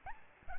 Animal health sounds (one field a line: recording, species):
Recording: mosquito wingbeat signal from an infrared sensor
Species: Aedes albopictus